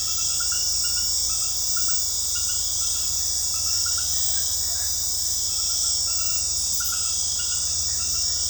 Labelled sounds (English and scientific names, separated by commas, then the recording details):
none
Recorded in dense forest near Puerto Asís, Putumayo, Colombia, on 21 February 2024 at 23:30
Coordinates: 0.487, -76.319
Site G6403